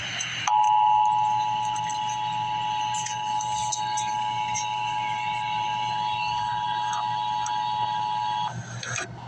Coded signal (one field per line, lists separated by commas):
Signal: Emergency Alert System (SAME) tones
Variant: 853 and 960 Hz attention tone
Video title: EAS Update - Wind Advisory - Apr 12, 2024 at 4:04 PM EDT